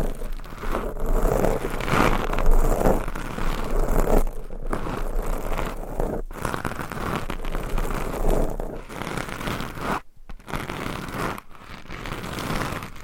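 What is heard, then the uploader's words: Microphone scratching fills the recording with dense, rough rubbing and crinkling noise that scrapes on almost without pause. The texture shifts in loudness and grit, with brief dropouts near 4.5, 6, 10 and 11.5 seconds before the scraping resumes. Mic Scratching Edition! ASMR No Talking.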